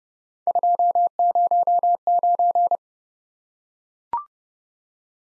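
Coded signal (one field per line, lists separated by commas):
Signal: Morse code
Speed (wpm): 29 wpm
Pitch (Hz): 700 Hz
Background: none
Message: 209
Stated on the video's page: Morse practice of three letter-number combinations, speed-racing format: starts fast, slows to a 20 wpm base, fastest 1.5 times slowest, final repeat at maximum speed.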